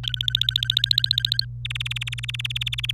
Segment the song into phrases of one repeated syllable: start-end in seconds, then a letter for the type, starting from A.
0.03-1.45 A, 1.65-2.91 B